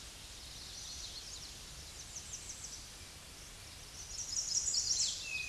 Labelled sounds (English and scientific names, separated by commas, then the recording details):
American Redstart (Setophaga ruticilla) song
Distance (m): 60 m
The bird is about 5 m above the microphone
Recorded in a Pennsylvania forest on 16 May 2024 at 08:23
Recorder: AudioMoth, point MSD-2074
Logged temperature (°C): 16.3 °C
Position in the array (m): 116 m, 233 m